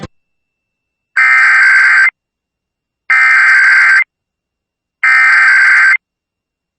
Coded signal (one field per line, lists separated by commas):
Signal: Emergency Alert System (SAME) tones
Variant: header bursts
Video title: Louisiana Statewide Emergency Alert System (EAS) Test (RMT) WRKF-FM (NPR) Batton Rouge, LA 4/13/20